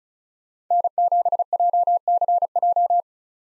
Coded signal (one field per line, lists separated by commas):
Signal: Morse code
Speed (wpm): 39 wpm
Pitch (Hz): 700 Hz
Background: none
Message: N7JCJ